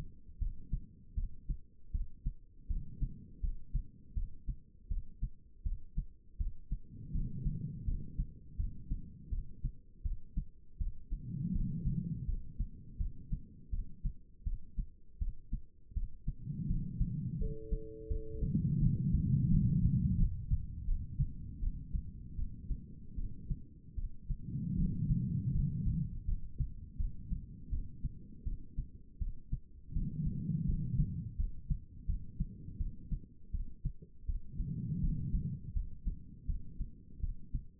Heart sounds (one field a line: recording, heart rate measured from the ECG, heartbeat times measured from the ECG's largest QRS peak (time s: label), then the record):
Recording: heart sounds by stethoscope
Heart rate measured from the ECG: 81 bpm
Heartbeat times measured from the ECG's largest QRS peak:
0.39 s: heartbeat
1.15 s: heartbeat
1.92 s: heartbeat
2.68 s: heartbeat
3.41 s: heartbeat
4.14 s: heartbeat
4.89 s: heartbeat
5.63 s: heartbeat
6.38 s: heartbeat
7.12 s: heartbeat
7.85 s: heartbeat
8.57 s: heartbeat
9.30 s: heartbeat
10.03 s: heartbeat
10.78 s: heartbeat
11.53 s: heartbeat
12.26 s: heartbeat
12.98 s: heartbeat
13.71 s: heartbeat
14.44 s: heartbeat
15.19 s: heartbeat
15.94 s: heartbeat
16.67 s: heartbeat
17.39 s: heartbeat
18.08 s: heartbeat
18.79 s: heartbeat
19.48 s: heartbeat
20.16 s: heartbeat
20.85 s: heartbeat
21.60 s: heartbeat
22.36 s: heartbeat
23.16 s: heartbeat
23.96 s: heartbeat
24.76 s: heartbeat
25.52 s: heartbeat
26.26 s: heartbeat
26.97 s: heartbeat
27.70 s: heartbeat
28.44 s: heartbeat
29.19 s: heartbeat
29.93 s: heartbeat
30.66 s: heartbeat
31.37 s: heartbeat
32.06 s: heartbeat
32.78 s: heartbeat
33.52 s: heartbeat
34.26 s: heartbeat
35.01 s: heartbeat
35.74 s: heartbeat
36.47 s: heartbeat
37.21 s: heartbeat
From the record:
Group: healthy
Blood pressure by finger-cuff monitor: 110/75 mmHg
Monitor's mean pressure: 89 mmHg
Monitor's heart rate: 81 bpm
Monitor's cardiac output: 4.9 L/min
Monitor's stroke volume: 60 mL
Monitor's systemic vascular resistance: 1330 dyn s/cm5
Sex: female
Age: 51 years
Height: 162 cm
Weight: 70.04 kg